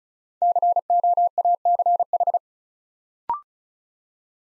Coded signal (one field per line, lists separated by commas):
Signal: Morse code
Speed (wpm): 36 wpm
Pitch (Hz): 700 Hz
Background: none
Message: COACH